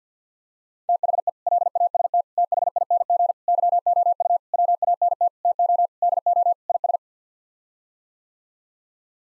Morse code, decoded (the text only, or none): THE LAST THING YOU WANT TO DO IS